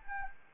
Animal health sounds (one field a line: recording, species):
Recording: mosquito wingbeat signal from an infrared sensor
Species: Anopheles arabiensis